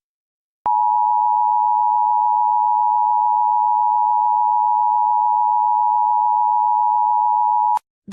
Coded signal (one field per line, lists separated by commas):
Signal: Emergency Alert System (SAME) tones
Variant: 853 and 960 Hz attention tone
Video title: EAS Scenario 1, Nuclear War